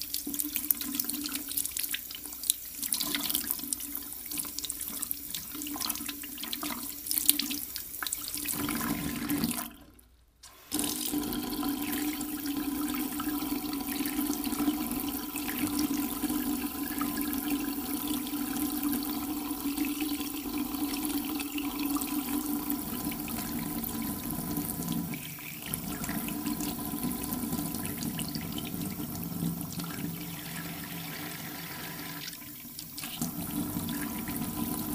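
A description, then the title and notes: Water runs steadily from a sink faucet, a soft, even rush with a low hum beneath it. Near the start a few small knocks and splashes break in, and around ten seconds the flow stops briefly before resuming and continuing evenly to the end. Running Water - Sink Faucet. Soft running water from a sink faucet.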